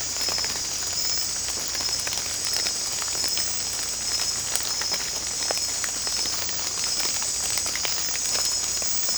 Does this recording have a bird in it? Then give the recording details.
no. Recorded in secondary vegetation near Puerto Asís, Putumayo, Colombia, on 22 December 2024 at 19:30. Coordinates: 0.499, -76.323. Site G010